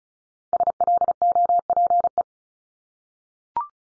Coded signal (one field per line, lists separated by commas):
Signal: Morse code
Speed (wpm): 36 wpm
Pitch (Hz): 700 Hz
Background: none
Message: SLOPE